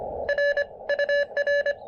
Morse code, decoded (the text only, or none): RUR